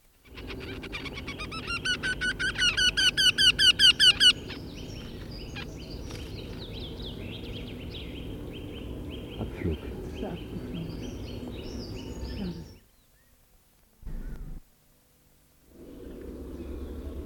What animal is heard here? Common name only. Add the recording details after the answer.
Eurasian Wryneck. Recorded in the wild. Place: Pingarati, Moldova, RO. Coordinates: 46.93, 26.187. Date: 1973-04-19. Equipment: Nagra III BH, Sennheiser MD 21, parabola. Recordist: Schubert, Michael. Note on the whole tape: Rufreihe Wendehals u. kurz gestoßene Rufe bei Begegnung der Partner an der Höhle